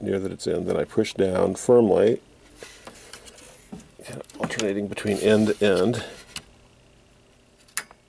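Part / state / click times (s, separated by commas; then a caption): memory module into motherboard DIMM slot / seated / 7.8 s. A DDR3 memory stick is pushed down firmly into its motherboard DIMM slot, alternating pressure from end to end while someone talks, with a few faint taps and scrapes in between. At 7.8 s the retention clip snaps over the edge of the module with a sharp click, and the module is seated.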